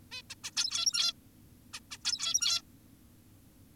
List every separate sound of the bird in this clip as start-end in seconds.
0.12-0.22, 0.30-0.35, 0.44-0.51, 0.57-1.13, 1.74-1.80, 1.91-1.98, 2.05-2.62